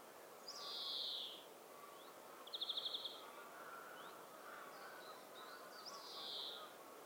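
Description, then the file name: European greenfinch calls: a wheezy note, then a short buzzy trill of rapid pulses, and another drawn-out wheeze near the end, over steady background hiss. "Chloris chloris"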